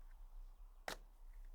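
A clipped-on composite cladding corner cover trim is popped off its corner base piece to remove it. A single sharp pop sounds at 0.9 s and the trim comes free.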